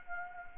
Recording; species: mosquito wingbeat signal from an infrared sensor; Anopheles gambiae